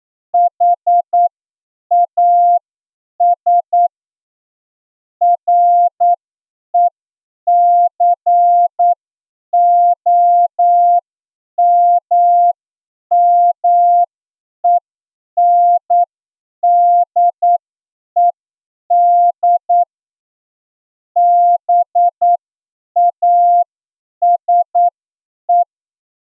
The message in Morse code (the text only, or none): HAS RECOMMENDED BASE